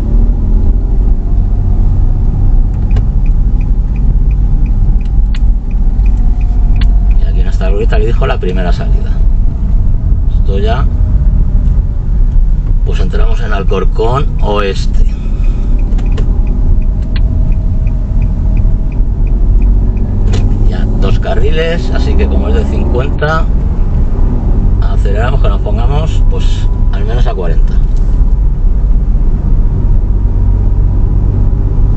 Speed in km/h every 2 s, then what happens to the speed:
21, 25, 26, 22, 20, 21, 17, 17, 21, 21, 28, 37, 38, 40, 38, 38.
0-5 steady at about 25. 5-7 slows to 20. 7-14 steady at about 17. 14-22 speeds up to 37. 22-32 steady at about 38.